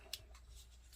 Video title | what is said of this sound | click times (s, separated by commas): TEAR GAS GRENADES, BULLETPROOF PLATES, KNIVES, EDC, GADGETS 2024 SHOW & TELL | This opens up. That locks into place. | 1.0 s